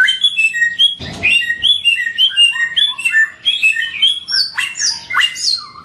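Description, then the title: Songbird giving quick, varied whistled and chirped notes, with a short raspy burst near the first second and sharp downslurred notes toward the end. Songbird named Samyong, singing actively (gacor) with piercing volume (volume tembus). "SAMYONG 1 MILYAR GACOR VOLUME TEMBUS [Burung Kicau"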